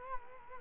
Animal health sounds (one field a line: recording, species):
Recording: mosquito wingbeat signal from an infrared sensor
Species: Culex quinquefasciatus